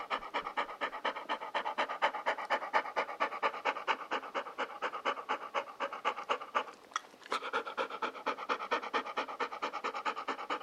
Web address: Sound Effects-Foundation 1 ANIMAL DOG GOLDEN RETRIEVER DOTTI PANT